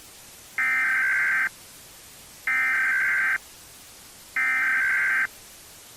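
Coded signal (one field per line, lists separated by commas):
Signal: Emergency Alert System (SAME) tones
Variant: header bursts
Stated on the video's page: Fictional EAS recreation.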